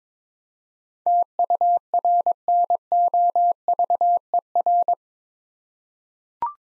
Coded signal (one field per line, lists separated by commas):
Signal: Morse code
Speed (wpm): 22 wpm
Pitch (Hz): 700 Hz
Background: none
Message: TURNOVER